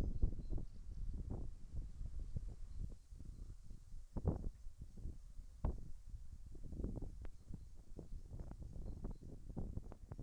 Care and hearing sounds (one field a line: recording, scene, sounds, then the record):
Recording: everyday scene through a hearing-aid microphone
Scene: wind on the microphone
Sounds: wind, birds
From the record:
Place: in front of a rural house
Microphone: behind the ear, left, front